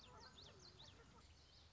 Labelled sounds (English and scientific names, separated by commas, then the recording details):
Common Yellowthroat (Geothlypis trichas)
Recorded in Sonoma County, California